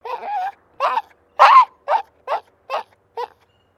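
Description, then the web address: Maltese terrier: small dog giving seven short whiny, yelping barks, the first longer and wavering, the rest brief and evenly spaced. Maltese terrier, small dog in a distressed state, barking. "Sound Effects-Foundation 2 DOG MALTESE TERRIER DISTRESSED BARKING"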